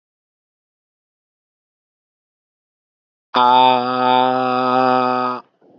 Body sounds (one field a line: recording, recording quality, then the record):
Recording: sustained vowel as in made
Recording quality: excellent, no background noise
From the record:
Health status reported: exposed to COVID-19, no respiratory illness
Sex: male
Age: 30 years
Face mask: worn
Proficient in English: yes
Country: India